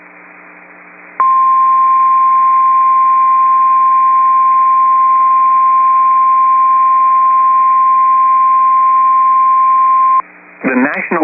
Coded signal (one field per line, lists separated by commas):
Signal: Emergency Alert System (SAME) tones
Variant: 1050 Hz attention tone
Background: speech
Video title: Severe Thunderstorm Warning (Emmons and Sioux Counties, ND) (8/28/24) [EAS #30]